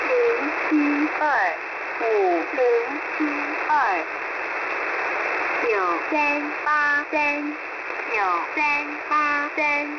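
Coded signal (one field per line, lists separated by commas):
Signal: numbers station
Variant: V13, Mandarin Chinese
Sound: a voice reading Chinese digits in groups of four, evenly paced, over hiss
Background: radio static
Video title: V13 New Star Broadcasting 10/06/2024 1230 UTC 13974kHz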